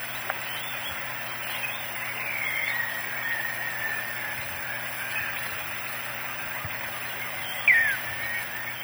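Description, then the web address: Large elaenia giving a single brief, downslurred note near the end, against constant background noise. Recorded in the eastern lowlands of South America. "Natures Songs S America Eastern Lowlands. Large Elaenia"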